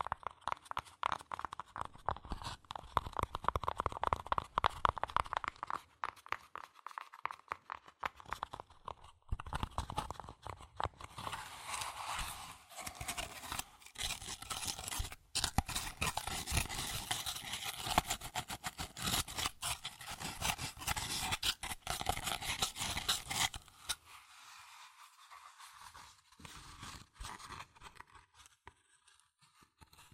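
Fast tapping, scratching and tracing on cardboard and paper, with dense, rapid strokes and scrapes. Brisk tapping dominates the first ten seconds, then a brighter, rougher scratching fills the middle stretch until about 24 seconds, after which the sounds thin out and soften.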